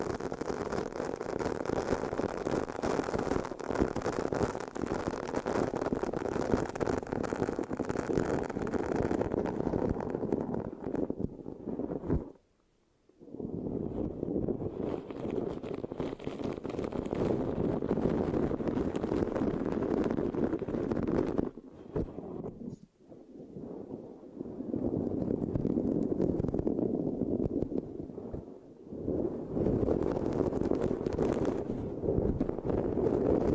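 Mic scratching fills nearly the whole stretch as a dense, rough rustle that stays fairly steady, with strongest sound in the low-mid range. It breaks off briefly around 12 seconds and again near 22–23 seconds and 29 seconds, then resumes at similar strength.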